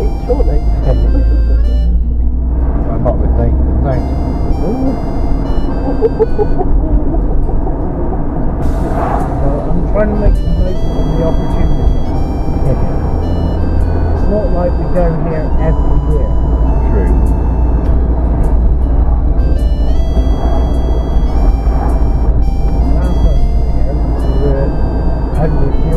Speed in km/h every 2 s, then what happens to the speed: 29, 31, 35, 39, 42, 42, 42, 42, 44, 44, 44, 42, 42.
0-8 speeds up to 42. 8-26 steady at about 42.